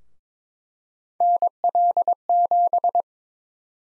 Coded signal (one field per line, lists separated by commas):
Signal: Morse code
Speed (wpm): 22 wpm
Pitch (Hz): 700 Hz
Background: none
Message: NL7